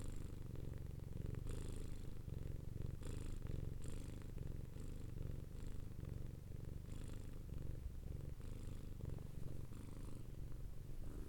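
Domestic cat purring steadily, a low continuous rumble pulsing with each breath, with faint higher rustling sounds now and then.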